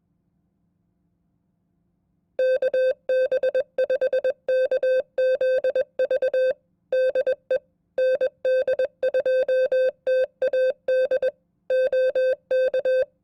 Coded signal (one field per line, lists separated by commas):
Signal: Morse code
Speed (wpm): 21 wpm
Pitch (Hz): 520 Hz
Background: none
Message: KB5KZV DE ND2TAD OK